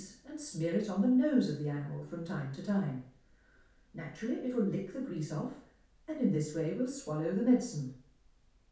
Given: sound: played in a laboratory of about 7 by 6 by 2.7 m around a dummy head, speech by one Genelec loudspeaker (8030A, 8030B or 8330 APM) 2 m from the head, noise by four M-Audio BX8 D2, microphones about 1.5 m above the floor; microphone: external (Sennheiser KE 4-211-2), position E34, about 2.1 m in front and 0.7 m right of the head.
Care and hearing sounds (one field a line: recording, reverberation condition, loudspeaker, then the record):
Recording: female speech in English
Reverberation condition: medium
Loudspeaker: 90 degrees to the right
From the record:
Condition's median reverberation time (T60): about 510 ms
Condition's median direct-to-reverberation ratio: about -0.5 dB